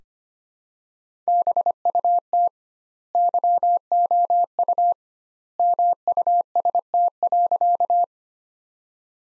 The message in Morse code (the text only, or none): BUT YOU MUST.